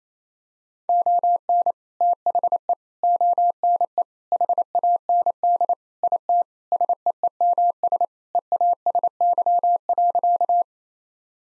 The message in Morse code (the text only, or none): ON THE ONE HAND IT SEEMS EASY.